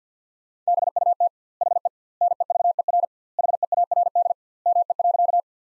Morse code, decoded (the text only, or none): BUT HE NEVER HEARD ME.